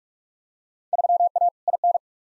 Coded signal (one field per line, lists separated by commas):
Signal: Morse code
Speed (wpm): 46 wpm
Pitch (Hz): 700 Hz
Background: none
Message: 3A IN